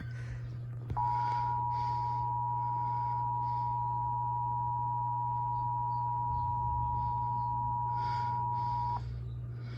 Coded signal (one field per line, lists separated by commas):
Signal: Emergency Alert System (SAME) tones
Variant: 853 and 960 Hz attention tone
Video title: Finally! Another EAS catch!